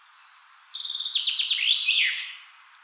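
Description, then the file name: Common chaffinch singing one complete phrase: accelerating high notes tumbling down in steps into a rattling trill, finished with a short twisting flourish. "Fringilla coelebs"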